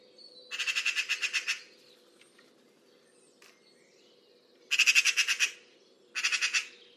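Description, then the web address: A bird gives harsh, grating pulsed calls in about one-second bursts, three bursts spaced by quiet gaps, with a faint steady low tone beneath. Call labelled "Pi Pi Pi Pi". "Deverinetal 2025 File origin Bird Only"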